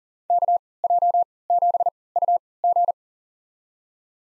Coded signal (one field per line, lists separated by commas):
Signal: Morse code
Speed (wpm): 40 wpm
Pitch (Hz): 700 Hz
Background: none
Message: KJ7UG